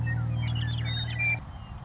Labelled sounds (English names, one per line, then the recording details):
Western Meadowlark
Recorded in Sonoma County, California